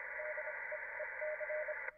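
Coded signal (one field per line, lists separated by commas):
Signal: Morse code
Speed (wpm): 26 wpm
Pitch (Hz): 610 Hz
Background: radio noise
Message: DE EC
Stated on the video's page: 6 meter CW contact captured live.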